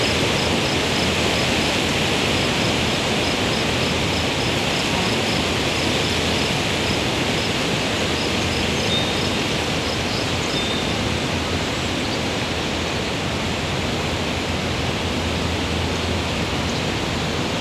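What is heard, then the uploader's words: Wind rushes steadily throughout, a dense, even roar spread from low rumble to bright hiss with no real pauses. Crickets chirp faintly above it in a regular, high-pitched pulse, clearest in the first ten seconds before thinning out beneath the wind. Crickets in the Wind.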